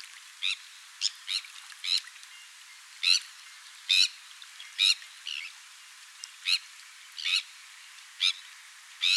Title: Sylvain Jaskowiak - Mes piafs. Sternes Caugek